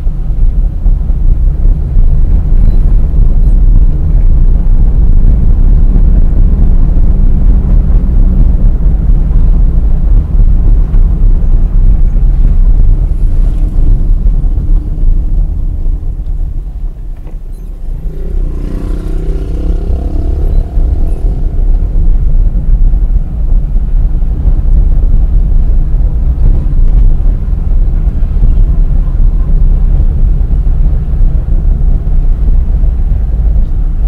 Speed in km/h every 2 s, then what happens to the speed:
30, 36, 42, 38, 31, 26, 20, 11, 11, 17, 21, 21, 23, 26, 26, 24, 13.
0-3 speeds up to 42. 5-14 slows to 11. 16-28 speeds up to 26. 28-34 slows to 13.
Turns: 12-19.